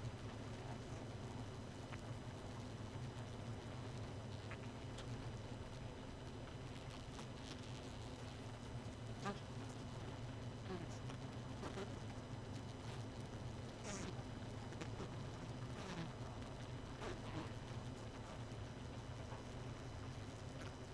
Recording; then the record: honeybee colony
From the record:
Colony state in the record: missing queen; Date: 31 May 2018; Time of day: 1:35